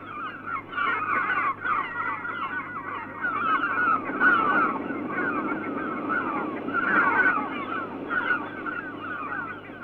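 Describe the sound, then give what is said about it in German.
A dense chorus of seagulls crying, harsh overlapping calls that rise and fall continuously over a steady low hum, with no talking. “Viertens, Möwengeschrei.”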